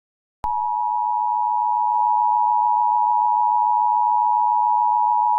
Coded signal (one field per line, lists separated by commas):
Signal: Emergency Alert System (SAME) tones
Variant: 853 and 960 Hz attention tone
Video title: EAS ALERT about a Kinder Chan & CuriousCian was Turning to Dislike these Channel are Getting Danger